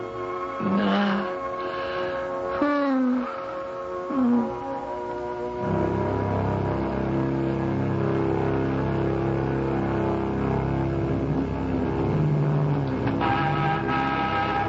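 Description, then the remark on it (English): A sports car engine revs in a few rising, falling bursts, then settles into a steady, loud rumbling drone as the car pulls up. No one speaks. “You still have the sports car. Get in.”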